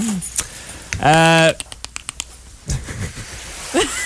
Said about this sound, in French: Tiens, on va se rapprocher de l'eau un petit peu. Aller écouter les dauphins. Oui. Un petit peu, les dauphins.